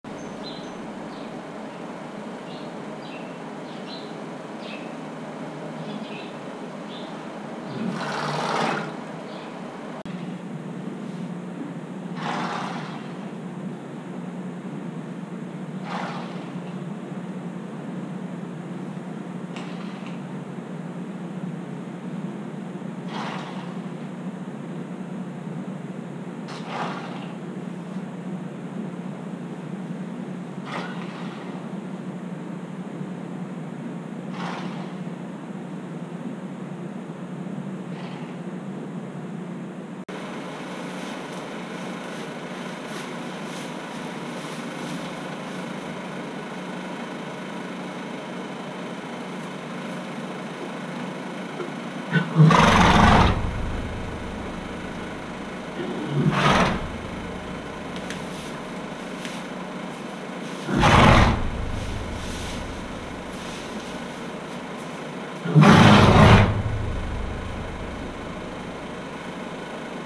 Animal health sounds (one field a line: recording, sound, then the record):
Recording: horse showing discomfort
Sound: snorting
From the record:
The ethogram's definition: an audible sudden forced exhalation through the nares